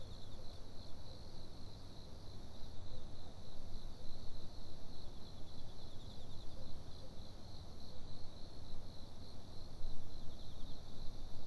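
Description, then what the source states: Cricket trilling, an unbroken shrill pulsed tone holding one pitch the whole time, with constant low rumble underneath. Recorded at Fukudai parking on 29 September 2011.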